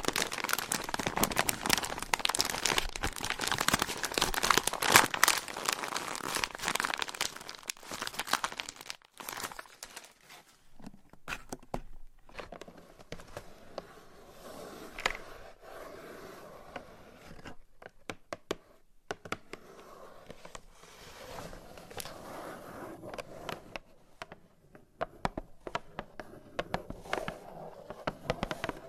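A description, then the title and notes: Crisp scratching on dry pasta, dense and loud for the first nine seconds, then quieter with sparse taps and short scrapes. ASMR with Pasta Scratching - Tapping - Tracing Asmr No Talking for Sleep with Long Nails.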